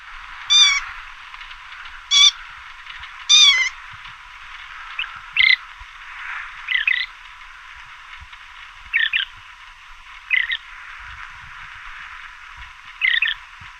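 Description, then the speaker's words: Loggerhead shrike giving a few sharp, harsh high notes early, then shorter scratchy calls, some doubled, at uneven intervals against a faint hiss. Recorded in southern Arizona; calls include a scream. "Here's the blood-curdling scream and some other calls of the loggerhead shrike. This individual was recorded in southern Arizona."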